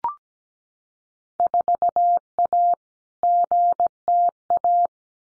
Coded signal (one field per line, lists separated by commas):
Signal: Morse code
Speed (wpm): 17 wpm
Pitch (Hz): 700 Hz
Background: none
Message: 4A GTA